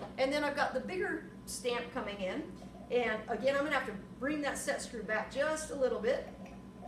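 A larger metal stamp is being handled and brought up toward the holder of an arbor press ram while someone talks throughout. No click is heard, and nothing has seated or clicked into the holder yet.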